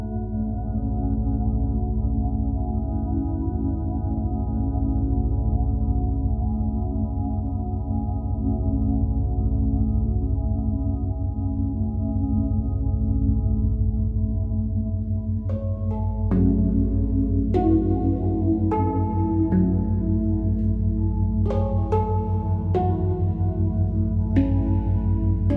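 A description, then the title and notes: Binaural beats: a steady, low, humming drone of layered tones with a slow, regular pulsing throughout. From about fifteen seconds, bell-like struck tones, similar to a singing bowl, ring out every second or two and fade slowly over the drone. Binaural beats.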